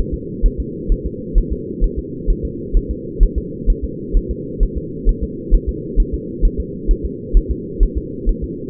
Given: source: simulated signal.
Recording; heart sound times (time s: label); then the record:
fetal heart sounds
0.14 s: S2
0.46 s: S1
0.60 s: S2
0.92 s: S1
1.06 s: S2
1.38 s: S1
1.53 s: S2
1.84 s: S1
1.99 s: S2
2.30 s: S1
2.45 s: S2
2.77 s: S1
2.91 s: S2
3.23 s: S1
3.38 s: S2
3.70 s: S1
3.85 s: S2
4.17 s: S1
4.31 s: S2
4.63 s: S1
4.78 s: S2
5.09 s: S1
5.24 s: S2
5.55 s: S1
5.69 s: S2
6.00 s: S1
6.14 s: S2
6.45 s: S1
6.60 s: S2
6.91 s: S1
7.05 s: S2
7.37 s: S1
7.51 s: S2
7.83 s: S1
7.98 s: S2
8.29 s: S1
8.44 s: S2
From the record:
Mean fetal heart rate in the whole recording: 130 bpm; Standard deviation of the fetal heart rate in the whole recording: 2 bpm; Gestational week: 38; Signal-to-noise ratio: -4.1 dB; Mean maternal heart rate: no maternal heart sound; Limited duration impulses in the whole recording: absent